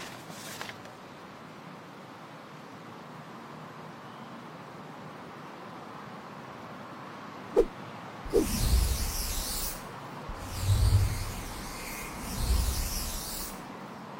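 A flying broom sweeps past in three airy whooshes, each about a second and a half long, starting near the eight-second mark, with a deep rush swelling and fading under a bright hiss. Before them, a low steady rumble runs, broken by one sharp click.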